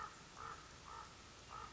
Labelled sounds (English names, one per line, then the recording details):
Common Raven
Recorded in Sonoma County, California